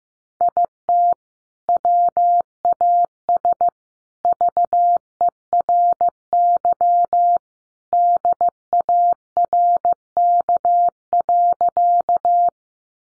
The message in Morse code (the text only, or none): IT WAS VERY DARK.